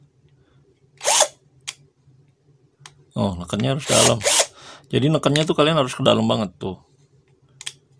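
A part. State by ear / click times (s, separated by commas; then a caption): seated / 7.6 s. A hex bit is pushed deep into the hex quick-release chuck of a ZPER 21V cordless impact drill while someone talks. Short handling clicks sound at about 1.7 s and 2.9 s, and a sharp click at 7.6 s marks the bit locking into the chuck, seated.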